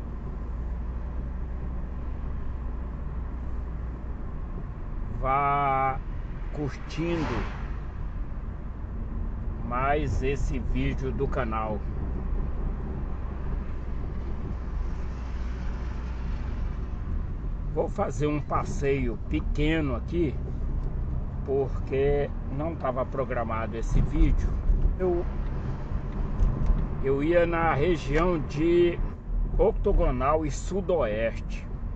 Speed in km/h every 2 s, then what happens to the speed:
36, 34, 31, 32, 35, 37, 36, 33, 28, 21, 31, 34, 38, 41, 43, 37.
0-13 steady at about 35. 13-17 brakes to 21. 18-27 speeds up to 43. 29-32 slows to 37.